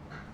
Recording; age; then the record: pig call; growing-finishing pig (85 days or more)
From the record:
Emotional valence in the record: positive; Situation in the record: run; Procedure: transit